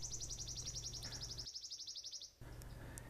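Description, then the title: Wood Warbler song, a fast trill of high, sharp notes that stops abruptly, over a low steady hum. Featured as Yle's nature sound of the week, presented by Juha Laaksonen. "Viikon luontoääni: Sirittäjä"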